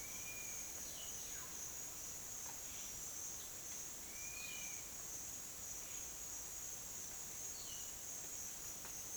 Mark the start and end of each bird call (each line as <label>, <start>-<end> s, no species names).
bird call, 0.00-1.49 s
bird call, 4.01-4.96 s
bird call, 7.45-8.01 s